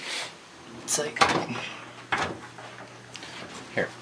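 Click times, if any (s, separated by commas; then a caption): 3.8 s. A new power supply unit is lifted and pushed into its mount in a desktop PC case while someone talks. It sticks at first, with scraping and sliding sounds, then snaps into place with a click at 3.8 s, seated.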